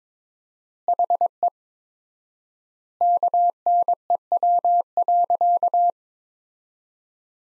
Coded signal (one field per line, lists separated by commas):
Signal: Morse code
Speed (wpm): 22 wpm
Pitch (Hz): 700 Hz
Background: none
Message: HE KNEW.